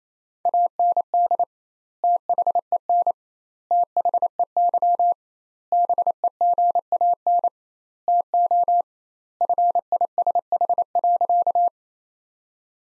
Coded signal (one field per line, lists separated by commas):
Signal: Morse code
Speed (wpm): 28 wpm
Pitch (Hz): 700 Hz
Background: none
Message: AND THEN THEY BEGAN TO FISH.